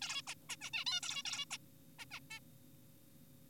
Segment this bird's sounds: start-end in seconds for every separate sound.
0.02-0.22, 0.27-0.34, 0.49-0.56, 0.61-0.70, 0.73-0.84, 0.87-1.01, 1.03-1.23, 1.25-1.45, 1.51-1.57, 1.99-2.05, 2.11-2.20, 2.31-2.39